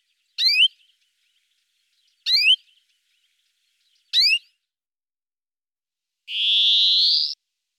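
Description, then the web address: European greenfinch song: three short twittering chirps spaced about two seconds apart, followed by a long nasal, wheezy buzz that rises gently in pitch. "IVN Zangvogels. Groenling"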